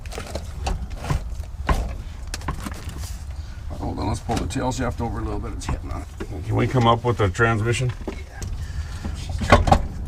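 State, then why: Seated. An NV3500 manual transmission is raised and pushed onto the LS engine's bellhousing in an 83 Mazda swap after the tail shaft is shifted over because it was hitting. Someone talks over scattered knocks and taps as it is maneuvered. It seats with a loud metallic clunk at 9.5 s and 9.7 s.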